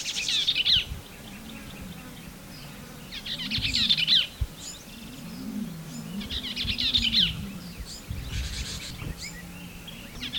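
Bell's vireo giving four brisk, harsh warbled phrases about every three seconds against steady background noise and a low wavering hum.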